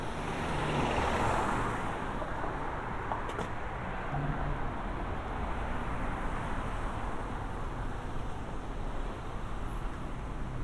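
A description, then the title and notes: Binaural walk through downtown Mount Vernon with a steady wash of road traffic throughout, a car passing loudest near the start. A low rumble runs underneath, with a brief sharp click around three seconds and the hiss otherwise fairly even to the end. A binaural recording of a walk from our house to the Mount Vernon Public Library. It is located in downtown Mount Vernon, across from the Post Office and up the hill from the Mount Vernon East Metro North Station.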